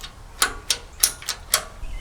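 Someone works the worn spring-loaded latch on a steel boat trailer coupler, producing sharp metallic clacks at about 0.4, 0.7, 1.0, 1.3 and 1.5 seconds. The latch has not locked or clicked into place, because its spring is worn out.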